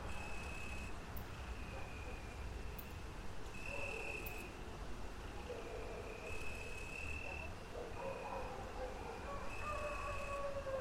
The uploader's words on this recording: Wolves and Dogs: Howling in Harmony. The sounds of howling in wolves and dogs.